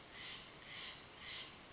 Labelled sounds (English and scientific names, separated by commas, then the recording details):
Steller's Jay (Cyanocitta stelleri)
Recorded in Sonoma County, California